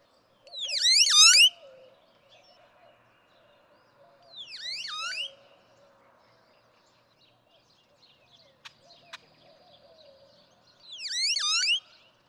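Great-tailed grackle song: three loud bursts of sharp sweeping notes spaced several seconds apart, with faint clicks between them.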